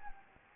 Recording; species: mosquito wingbeat signal from an infrared sensor; Anopheles gambiae